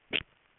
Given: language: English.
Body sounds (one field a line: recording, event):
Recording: throat vibration sensor signal played as sound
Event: swallow